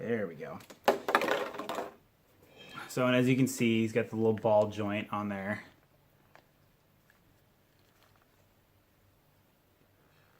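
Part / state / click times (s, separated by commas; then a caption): action figure head onto neck ball joint / not seated / none. A plastic head for a 12-inch action figure is being handled at its neck ball joint, with someone talking through the first half and a few sharp plastic ticks early on, then a near-silent stretch with faint small taps. Nothing has snapped onto the ball joint or seated yet.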